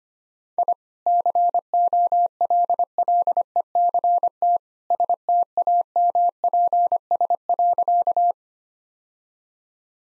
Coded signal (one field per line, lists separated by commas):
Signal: Morse code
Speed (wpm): 25 wpm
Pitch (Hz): 700 Hz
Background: none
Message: I COLLECT STAMPS.